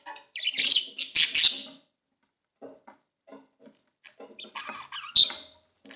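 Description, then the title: Budgerigar chattering, a dense burst of scratchy warbling, quieter clicky notes, then renewed chatter with a sharp chirp. "Budgie Sounds"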